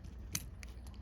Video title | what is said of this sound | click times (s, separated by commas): Bavaria Lights & Wiring - Boat Projects | they just lock into place there we go great | 0.3 s, 0.6 s